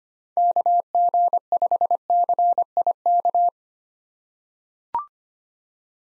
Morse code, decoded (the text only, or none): KG5CIK